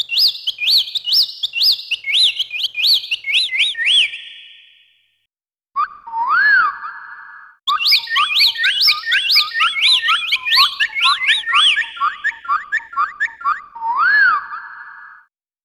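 Birds chirping: a busy run of high, rapid tweets mixed with sweeping upslurred whistles, a short pause, then more dense chirping and rising whistles.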